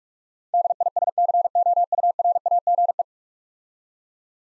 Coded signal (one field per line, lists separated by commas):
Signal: Morse code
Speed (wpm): 44 wpm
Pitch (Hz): 700 Hz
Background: none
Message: DISCOURAGE